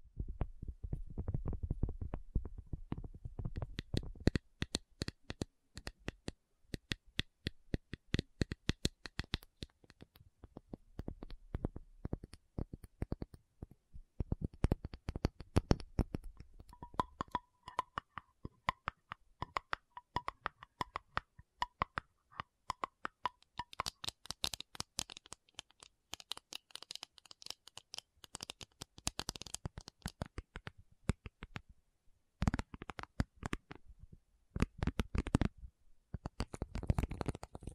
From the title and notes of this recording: ASMR 1 Hour Tapping Session (No Talking).